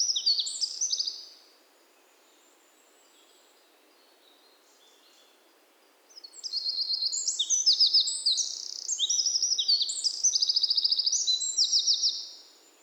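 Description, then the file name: Eurasian wren song: a brief burst of high, rapid trills, a pause of several seconds, then a long, loud outpouring of fast, buzzy trills and sharp notes lasting about six seconds. "Troglodytes troglodytes"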